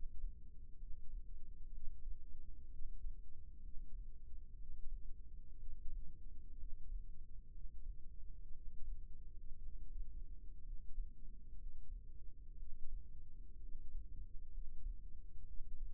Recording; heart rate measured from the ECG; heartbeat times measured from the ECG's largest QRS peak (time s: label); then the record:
heart sounds by microphone in the left ear; 61 bpm
0.81 s: heartbeat
1.74 s: heartbeat
2.72 s: heartbeat
3.63 s: heartbeat
4.59 s: heartbeat
5.59 s: heartbeat
6.60 s: heartbeat
7.53 s: heartbeat
8.54 s: heartbeat
9.62 s: heartbeat
10.65 s: heartbeat
11.59 s: heartbeat
12.59 s: heartbeat
13.61 s: heartbeat
14.53 s: heartbeat
15.47 s: heartbeat
From the record:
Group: healthy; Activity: rest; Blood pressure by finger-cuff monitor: 90/55 mmHg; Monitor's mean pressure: 66 mmHg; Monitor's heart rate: 62 bpm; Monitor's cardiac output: 6.1 L/min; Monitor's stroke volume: 91 mL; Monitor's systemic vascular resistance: 820 dyn s/cm5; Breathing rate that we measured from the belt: 16 breaths a minute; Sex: male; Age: 22 years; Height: 181 cm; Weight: 79 kg